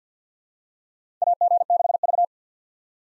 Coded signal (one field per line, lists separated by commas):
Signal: Morse code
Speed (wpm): 50 wpm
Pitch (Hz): 700 Hz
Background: none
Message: AG6V